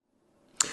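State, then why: Seated. A replacement light board for a Hornby Class 50 model locomotive, with its two V tabs pointing upward, is pushed into its slot in the plastic body. A faint low rustle builds from about 0.2 s, then a single sharp, bright click sounds at 0.6 s with a short ringing tail. The board clicks into place, seated.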